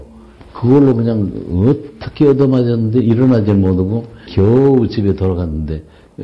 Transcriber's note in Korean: 녹취